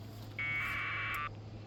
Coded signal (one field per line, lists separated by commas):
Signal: packet radio (AX.25, as in APRS)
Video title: Got the correct software for the tariff ham radios 📻 😋 🙌 👌 aprs time!